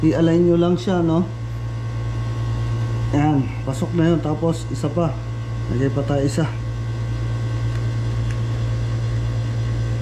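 Someone talks while handling a second plastic volume spacer at the air can of a RockShox Super Deluxe Ultimate 2023 rear shock being installed on a Commencal Clash 2023, over a steady low hum. A faint tap is heard near 8.3 s, but the spacer has not yet clicked or seated in the air can.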